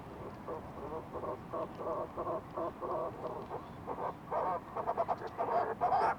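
Fulmar prion calling: a rhythmic run of throaty, pulsed notes, about two per second, growing quicker and louder toward the end over a steady background hiss.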